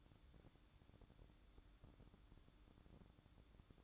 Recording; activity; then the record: daily activity, microphone in the room; take from stove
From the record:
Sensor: 3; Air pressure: 1008.0 hPa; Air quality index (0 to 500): 114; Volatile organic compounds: 1 ppm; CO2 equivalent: 947 ppm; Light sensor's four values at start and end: 9/22/9/9 and 9/22/9/9